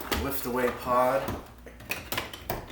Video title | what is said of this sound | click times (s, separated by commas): Shark Apex Uplight Corded Lift Away Vacuum Review | clicks into place right there | 2.5 s